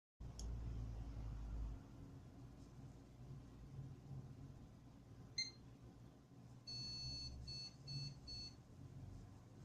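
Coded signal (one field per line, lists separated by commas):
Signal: beep code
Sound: a few short isolated beeps, then about four quick high beeps, over steady hum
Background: fan noise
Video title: Asus strix Rx 470 PROBLEM part2 (press reset but no signal and bip sound problem!!!!!)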